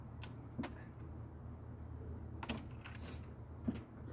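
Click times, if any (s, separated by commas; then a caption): none. A wrench works a steel bolt head in an engine bay fitting while a classic Mustang is being reassembled. Sharp metallic hits ring out at about 0.2, 2.4, 2.5 and 3.7 seconds over a steady low hum. Nothing has seated or clicked yet; the bolt head ends up stripped under the wrench, though it is unclear which hit is the slip.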